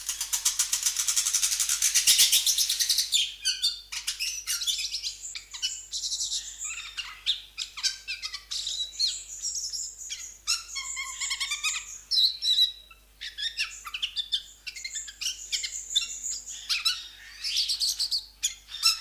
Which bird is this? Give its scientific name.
Myophonus glaucinus